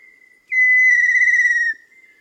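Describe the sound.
Tinamou giving a strong, clear, sustained whistle of about a second with a slight waver, set between quieter level tones, with little other sound.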